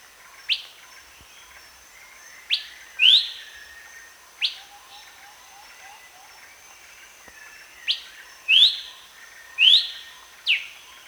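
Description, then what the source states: Horsfield's babbler calls: sharp, sweeping whistled notes, some falling and some rising, given in scattered pairs and clusters over a steady high hum. Recorded at Danum on 1 January 2008.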